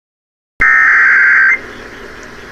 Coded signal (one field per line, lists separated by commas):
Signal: Emergency Alert System (SAME) tones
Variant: header bursts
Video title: Double-Header! Severe Thunderstorm Warning (EAS #133-134)